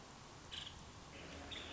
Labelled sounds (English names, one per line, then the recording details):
Nuttall's Woodpecker
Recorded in Sonoma County, California